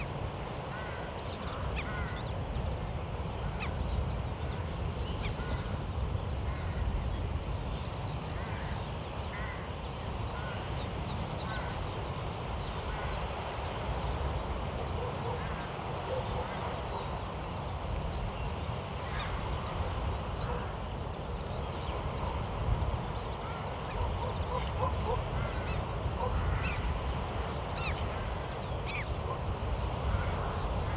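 Steady rush of waves along the Omø coastline, with scattered honking calls of geese or ducks rising above it throughout.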